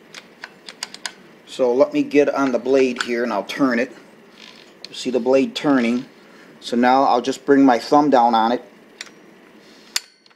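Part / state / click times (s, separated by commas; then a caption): blade lock pin into the miter saw arbor/spindle / seated / 10.0 s. On a Kobalt Compact Sliding 7-1/4" 10 Amp Single Bevel Sliding Compound Miter Saw, model SM1816LW, the blade is turned by hand while the blade (spindle) lock button is pressed down with a thumb. Someone talks over a few light ticks, then a sharp metal click at 10.0 s marks the lock pin dropping into the notch on the arbor. The lock is seated and the blade stops turning.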